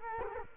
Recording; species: mosquito wingbeat signal from an infrared sensor; Culex quinquefasciatus